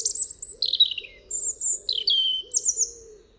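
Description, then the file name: European robin song made of several short, high, sliding whistled phrases, each dropping in pitch, given in quick succession. "Erithacus rubecula"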